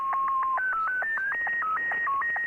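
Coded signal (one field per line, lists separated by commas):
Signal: SSTV (slow-scan television)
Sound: warbling tone stepping between pitches, punctuated by regular short clicks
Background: radio static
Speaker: this is slow scan television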